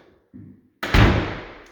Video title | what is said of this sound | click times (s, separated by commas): River House Update -Vinyl Flooring Issues | such a satisfying click | 0.8 s